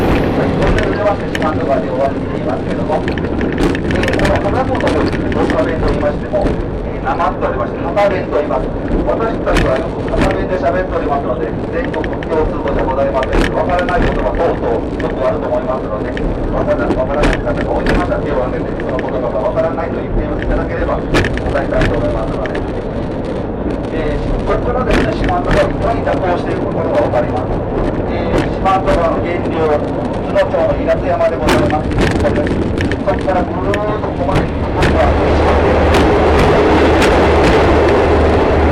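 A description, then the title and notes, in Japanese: A train ride in an open-air trolley car, with a dense, steady roar of wheels and engine throughout and frequent sharp clicks from the rails. Voices talk beneath the noise, and near the end the rumble swells louder and deeper, like entering a tunnel. 予土線しまんトロッコ2号 江川崎→土佐大正。8割方トロッコ車両は埋まっていました。案内人の話を聞きながらのんびりと走っていきますが、トンネル区間が多いので結構轟音だらけになります。また意外と風が冷たいです。前日まで大雨だったこともあり川の水は汚かったですが、空気はとてもきれいに感じました。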